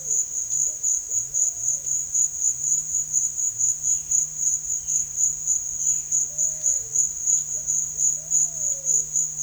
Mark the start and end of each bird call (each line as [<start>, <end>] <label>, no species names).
[0.00, 1.93] bird call
[3.69, 9.42] bird call